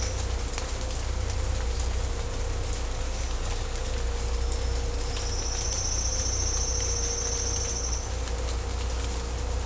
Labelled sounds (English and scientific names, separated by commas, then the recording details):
none
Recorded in secondary vegetation near Puerto Asís, Putumayo, Colombia, on 16 December 2024 at 17:00
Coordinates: 0.502, -76.326
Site G028